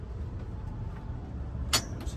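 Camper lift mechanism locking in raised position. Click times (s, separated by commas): 1.7 s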